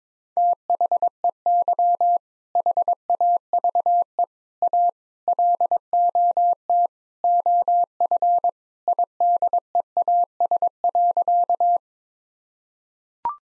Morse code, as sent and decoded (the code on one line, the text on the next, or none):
- .... . -.-- / .... .- ...- . / .- / .-.. --- - / --- ..-. / .. -.. . .- ... .-.-.-
THEY HAVE A LOT OF IDEAS.